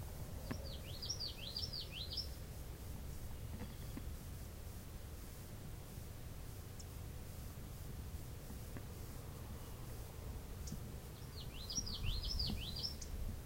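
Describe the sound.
Common yellowthroat song: a rolling series of repeated swooping notes at the start, then a long pause, then the same patterned phrase again near the end, with low rumble throughout.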